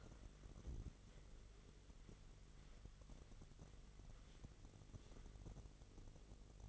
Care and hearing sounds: daily activity, microphone in the room; wipe stove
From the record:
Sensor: 4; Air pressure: 1004.2 hPa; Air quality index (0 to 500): 157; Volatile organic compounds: 2 ppm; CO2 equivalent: 1122 ppm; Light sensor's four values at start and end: 14/34/14/15 and 15/34/14/15

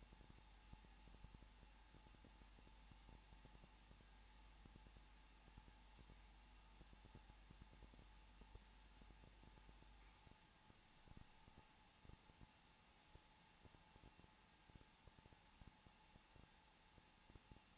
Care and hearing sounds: daily activity, microphone in the room; no activity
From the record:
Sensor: 1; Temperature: 20.2 degrees Celsius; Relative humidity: 35.7%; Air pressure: 994.5 hPa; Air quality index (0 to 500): 182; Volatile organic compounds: 7 ppm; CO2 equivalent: 2000 ppm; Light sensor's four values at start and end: 1/2/1/1 and 1/2/1/1

